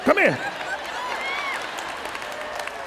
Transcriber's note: laughter